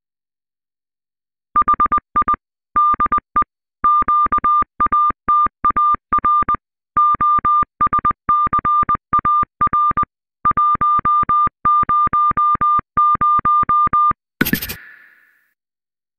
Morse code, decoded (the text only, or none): HI DE QATAR OSCAR 100